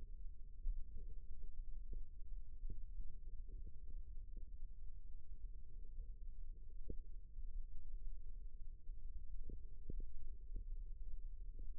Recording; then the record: forearm muscle sounds (acoustic myography)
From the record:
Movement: rest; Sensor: system 1, eight BSWA MPA416 microphones around the upper forearm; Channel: 6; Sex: male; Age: 23 years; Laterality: right